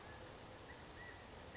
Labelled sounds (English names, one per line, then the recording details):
California Quail
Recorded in Sonoma County, California